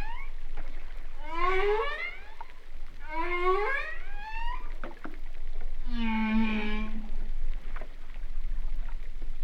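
Humpback whale song: rising harmonic upsweeps, some clicking pulses, then a long low steady moan.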